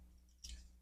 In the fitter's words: it's kind of a soft click and then